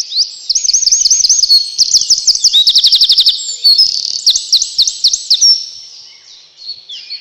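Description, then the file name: Eurasian wren singing an energetic, very fast song of shrill looping notes and a buzzy rattling trill, about five seconds long, then quieter trailing notes. "крапивник"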